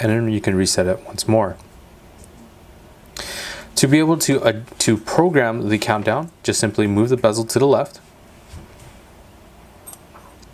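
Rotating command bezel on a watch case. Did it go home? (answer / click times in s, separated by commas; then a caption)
yes / 9.9 s. Someone talks while the ceramic command bezel of a steel Rolex Yacht-Master II 116680 is rotated to the left on the watch case to enter countdown programming mode. The bezel snaps and clicks into place at 9.9 s.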